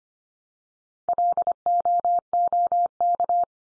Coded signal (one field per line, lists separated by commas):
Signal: Morse code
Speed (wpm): 25 wpm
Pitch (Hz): 700 Hz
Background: none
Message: LOOK